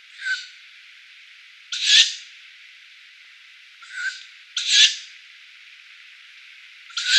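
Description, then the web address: Tawny owl young making repeated breathy, hissing screeches, some softer and some louder. Downy young tawny owls. "Schulze Peter Tawny Owl downy Young"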